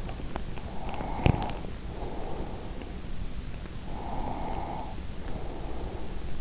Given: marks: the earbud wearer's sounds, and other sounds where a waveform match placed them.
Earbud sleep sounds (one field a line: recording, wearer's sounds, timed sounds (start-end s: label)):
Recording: sounds in sleep by an in-ear microphone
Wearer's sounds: teeth grinding, breath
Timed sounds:
0.06-0.40 s: teeth grinding
0.68-3.10 s: breath
3.82-6.41 s: breath